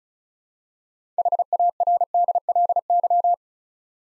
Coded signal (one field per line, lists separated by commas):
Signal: Morse code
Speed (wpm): 36 wpm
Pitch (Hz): 700 Hz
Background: none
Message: HARDLY